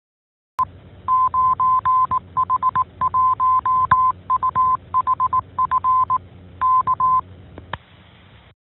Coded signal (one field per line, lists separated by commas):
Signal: Morse code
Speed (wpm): 18 wpm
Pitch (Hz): 1030 Hz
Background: none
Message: E 9H1UHF K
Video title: 42. 9H-HAM GlobalNet - Main topic: Open [10 Nov 2022]